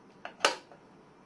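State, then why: Seated. A key is inserted gently into the key lock on a drive bay door of a UGREEN NASync DXP4800 Plus 4-bay NAS and turned to the locked position, so the bay can no longer be pressed open. A light tick at 0.3 s is followed by a sharp, bright lock click at 0.4 s and a faint tick near 0.7 s, and the lock is then set.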